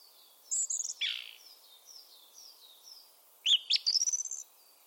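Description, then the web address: Bird calls: a high whistled phrase and a harsh note, then a pause with faint high notes, and a closing burst of sharp chirps and trills. "cianscape birddata Deverinetal 2025"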